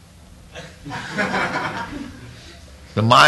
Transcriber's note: laughter